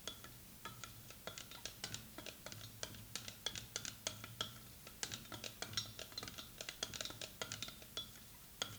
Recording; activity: daily activity, guitar pickup as the sensor; fry